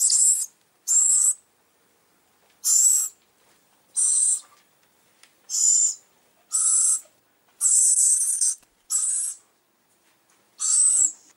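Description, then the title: Bird repeating short, grating, hissing screeches in an uneven series, with gaps of one to two seconds between some of them. "LuckyKumpulan SuaraBurung"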